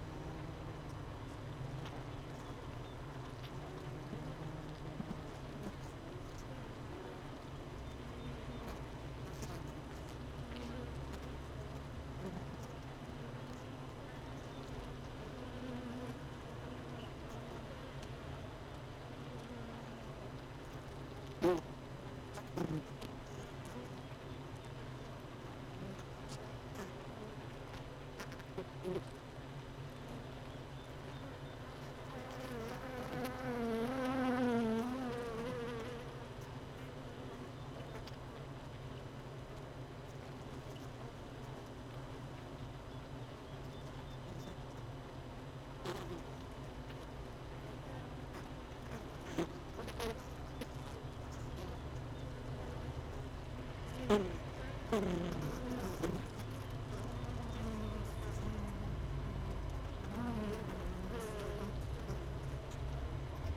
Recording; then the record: honeybee colony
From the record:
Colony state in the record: missing queen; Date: 31 May 2018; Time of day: 16:57